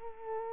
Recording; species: mosquito wingbeat signal from an infrared sensor; Culex quinquefasciatus